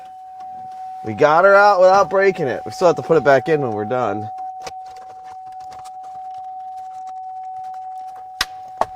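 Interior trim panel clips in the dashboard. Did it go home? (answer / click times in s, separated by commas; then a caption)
released / 8.4 s, 8.8 s. Someone talks while removing an interior panel or cluster held by trim panel clips in the dashboard of a high-mileage, totaled Escalade. After a quieter stretch, two sharp plastic clicks sound at 8.4 s and 8.8 s as the clips let go, freeing one half of the panel.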